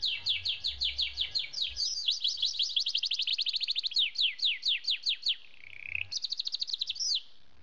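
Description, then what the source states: Canary song, a rapid stream of high downslurred notes speeding into a fast rolling trill, a short lower buzzy phrase, then another quick trill; faint low thuds. Australian plainhead canary.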